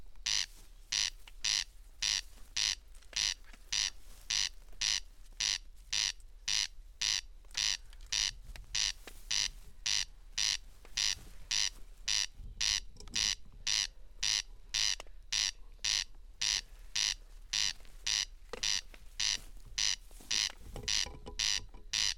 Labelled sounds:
Corn Crake (Crex crex) song

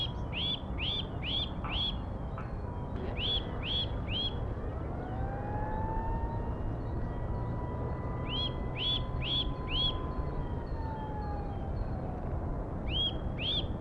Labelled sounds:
Eurasian Nuthatch (Sitta europaea)

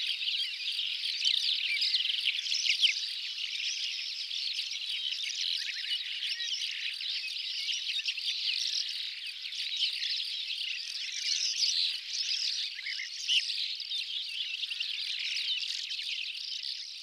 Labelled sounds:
Calandra Lark (Melanocorypha calandra) song

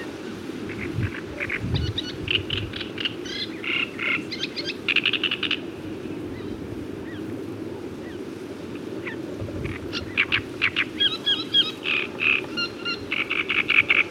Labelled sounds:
Great Reed Warbler (Acrocephalus arundinaceus) song

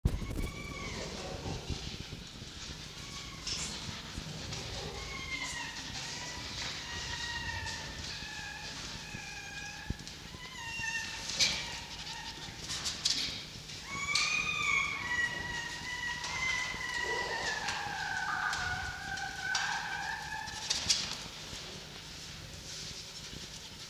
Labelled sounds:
Red Fox (Vulpes vulpes)

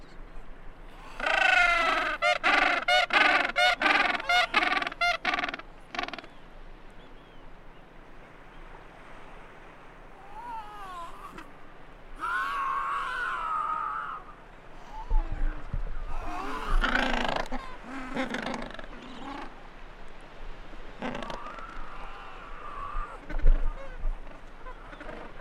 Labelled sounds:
Gentoo Penguin (Pygoscelis papua) call

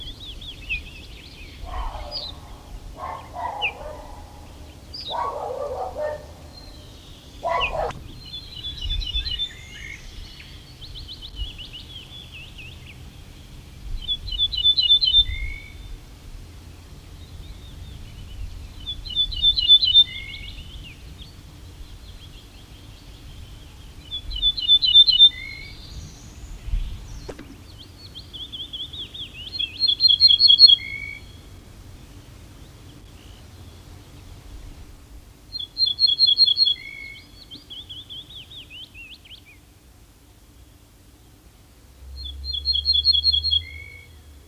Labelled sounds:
Ortolan Bunting (Emberiza hortulana)

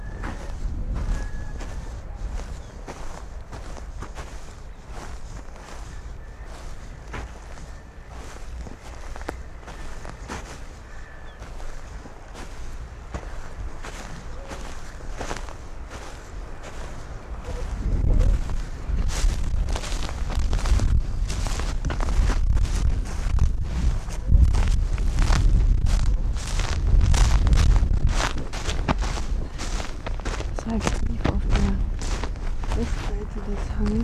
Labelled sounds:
Arctic Fox (Vulpes lagopus)

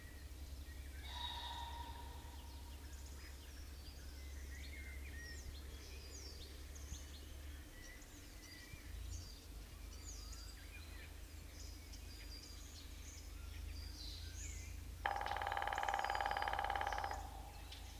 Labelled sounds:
Grey-headed Woodpecker (Picus canus) drumming

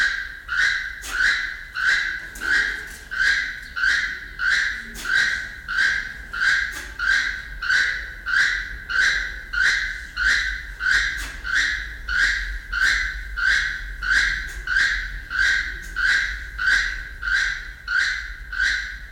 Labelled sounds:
Keel-billed Toucan (Ramphastos sulfuratus) call

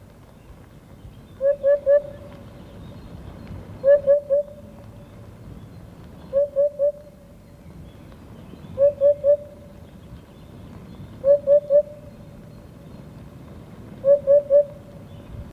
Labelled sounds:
Eurasian Hoopoe (Upupa epops)

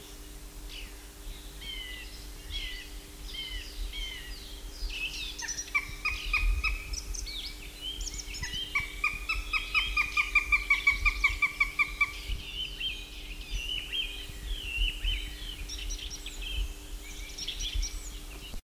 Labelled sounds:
Northern Goshawk (Accipiter gentilis) call

